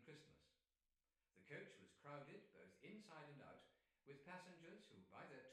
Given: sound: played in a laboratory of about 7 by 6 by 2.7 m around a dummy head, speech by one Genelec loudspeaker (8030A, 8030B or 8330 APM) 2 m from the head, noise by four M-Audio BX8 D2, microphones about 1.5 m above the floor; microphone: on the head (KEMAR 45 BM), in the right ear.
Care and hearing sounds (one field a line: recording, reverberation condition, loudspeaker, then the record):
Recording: male speech in English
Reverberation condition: medium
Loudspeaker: 90 degrees to the left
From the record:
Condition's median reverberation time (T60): about 510 ms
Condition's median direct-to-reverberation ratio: about -0.5 dB